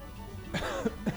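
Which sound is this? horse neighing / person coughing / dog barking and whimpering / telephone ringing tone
person coughing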